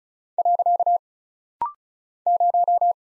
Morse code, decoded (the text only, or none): . 0